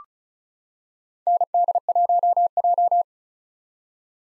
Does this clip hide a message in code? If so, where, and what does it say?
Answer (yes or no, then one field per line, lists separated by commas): yes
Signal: Morse code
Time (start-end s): 1.3-3.0 s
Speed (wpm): 34 wpm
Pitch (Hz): 700 Hz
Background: none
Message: ND1J